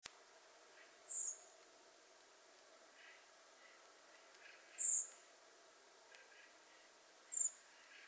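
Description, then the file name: Eurasian blackbird giving three very high, thin, brief notes several seconds apart against a steady background hiss. "Turdus merula"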